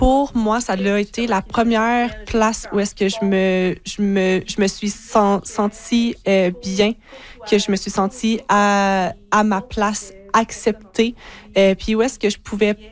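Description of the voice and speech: A woman who has stuttered since age six speaks French in a calm, clear voice, broken by repeated short phrases ('je me, je me, je me'), a restarted syllable and stretched vowels with pauses. These repetitions and prolongations are typical of stuttering.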